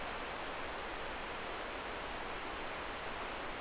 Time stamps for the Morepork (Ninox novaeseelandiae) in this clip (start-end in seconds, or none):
none